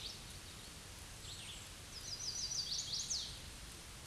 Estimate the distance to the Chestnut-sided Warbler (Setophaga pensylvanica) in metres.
about 35 m